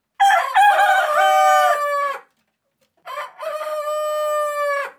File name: cock crowing